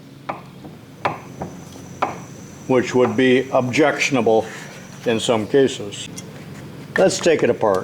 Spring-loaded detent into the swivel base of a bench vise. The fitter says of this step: you can hear it snap into place but there is some play which